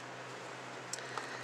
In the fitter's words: And this just pops right in here.